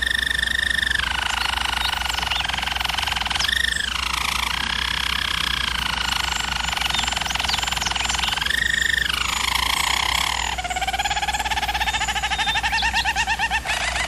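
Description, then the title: German Roller canary song: long, sustained rolling trills held on an even pitch, broken by brief rising slurs, then a faster chopping roll near the end. Singing; used for canary training. "German Roller Canary Singing - Canary Training Vid"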